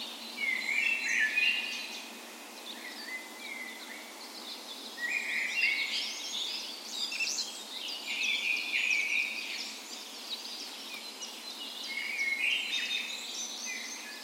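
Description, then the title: Birds in a dawn chorus, rapid twittering and warbled phrases from several singers, rising and falling in waves of intensity. Spring dawn chorus on the morning of 17 May, Norway's National Day, in a park west in Bergen, Norway; Sony PCM A10 recorder with LOM micro Usi microphones as tree ears. "17th Of May Dawn Chorus"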